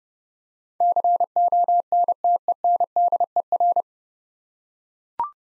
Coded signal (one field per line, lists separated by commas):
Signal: Morse code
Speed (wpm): 29 wpm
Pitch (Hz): 700 Hz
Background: none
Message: CONTENDER